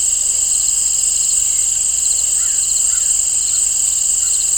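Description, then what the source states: Crickets trilling steadily, with short pulsed chirp groups repeating and a couple of faint bird notes. Crickets and birds in an open field, nature ambience.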